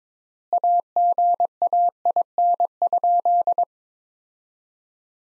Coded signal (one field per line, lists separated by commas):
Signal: Morse code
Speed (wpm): 22 wpm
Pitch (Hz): 700 Hz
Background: none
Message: AGAIN?